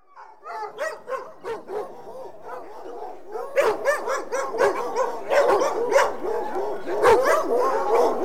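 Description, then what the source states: Dogs barking in a group, sharp overlapping barks starting sparse, then growing into a dense, continuous chorus. A pack of dogs.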